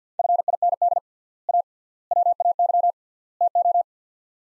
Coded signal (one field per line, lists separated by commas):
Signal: Morse code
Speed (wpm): 50 wpm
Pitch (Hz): 700 Hz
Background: none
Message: FIND A WAY TO